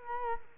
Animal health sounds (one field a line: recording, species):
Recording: mosquito wingbeat signal from an infrared sensor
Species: Culex quinquefasciatus